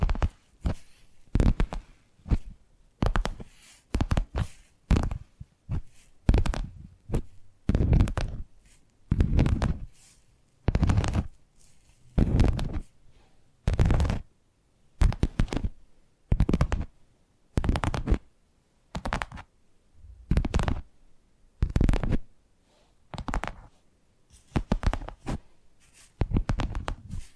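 Tapping triggers: short bursts of quick taps come in rapid clusters, each lasting under a second, separated by brief silences throughout. The taps have a dull, thumpy low end with a crisp top, and the rhythm stays fairly regular from start to finish.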